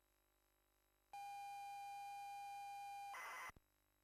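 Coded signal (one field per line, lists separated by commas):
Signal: ZX Spectrum tape loading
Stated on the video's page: ZX Spectrum 128k tape loading of Magicland Dizzy.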